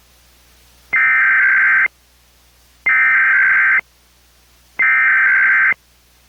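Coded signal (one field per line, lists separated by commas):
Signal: Emergency Alert System (SAME) tones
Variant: header bursts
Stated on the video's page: Recreation of a Georgia Required Monthly Test with valid tones, as on a cable television headend.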